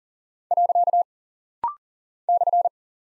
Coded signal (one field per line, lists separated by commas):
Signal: Morse code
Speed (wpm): 39 wpm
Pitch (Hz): 700 Hz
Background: none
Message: . /